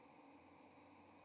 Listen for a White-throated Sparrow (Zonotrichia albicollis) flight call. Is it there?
no